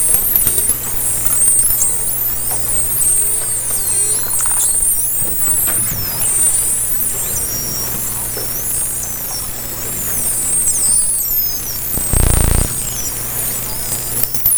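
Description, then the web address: Dolphins whistling in many quick, overlapping high sweeps and curls, with a low hum throughout and a brief loud burst of noise near twelve seconds. Underwater hydrophone, 2010. "interspecies dolphin"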